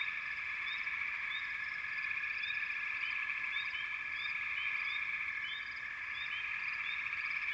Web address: Enter Natures Songs Nature Sounds The Natural Sounds of the Wilderness 10 CDs collection Echoes of Nature - American Wilds Frog Chourus